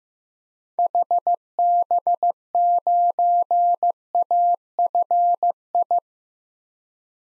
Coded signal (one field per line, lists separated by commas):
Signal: Morse code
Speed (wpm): 15 wpm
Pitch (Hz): 700 Hz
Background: none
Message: HB9AFI